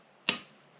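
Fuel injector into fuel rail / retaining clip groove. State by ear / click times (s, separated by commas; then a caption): seated / 0.3 s. A fuel injector on a 20-year-old Mercedes C55 AMG M113 V8, rebuilt along with its intake manifold, is worked into the fuel rail until its retaining clip catches in the groove. A single sharp, bright click sounds at 0.3 s and fades within about 0.2 s against a quiet background. The injector is seated in the fuel rail.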